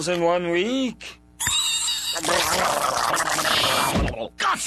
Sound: squeak